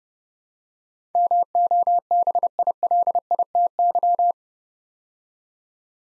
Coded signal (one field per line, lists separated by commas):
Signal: Morse code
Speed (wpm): 29 wpm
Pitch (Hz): 700 Hz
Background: none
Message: MOBILITY